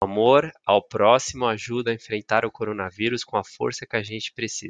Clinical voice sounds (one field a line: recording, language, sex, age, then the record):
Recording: spoken sentence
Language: Brazilian Portuguese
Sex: male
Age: 40 to 49 years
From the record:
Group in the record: control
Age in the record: 41 years